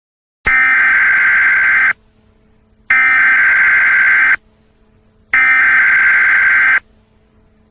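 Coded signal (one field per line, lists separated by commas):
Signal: Emergency Alert System (SAME) tones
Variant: header bursts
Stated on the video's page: Simulated EAS scenario for a Yellowstone eruption.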